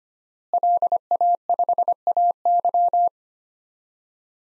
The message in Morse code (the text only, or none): LA5AY